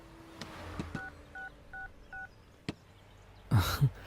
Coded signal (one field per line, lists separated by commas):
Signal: DTMF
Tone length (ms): 150 ms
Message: 6666